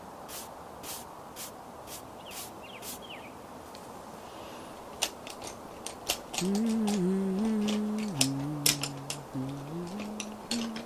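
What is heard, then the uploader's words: Makeup being done outdoors, with a steady run of sharp little taps and clicks close by, like brushes and cases being handled. From about six seconds a low voice hums a wandering tune over continued clicking, against a soft outdoor rumble. Doing Your Makeup Outside on a Sunny Day.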